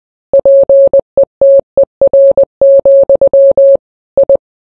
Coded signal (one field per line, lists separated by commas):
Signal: Morse code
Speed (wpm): 20 wpm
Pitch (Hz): 550 Hz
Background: none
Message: PETER, I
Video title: family guy season 15 episode 5 morse code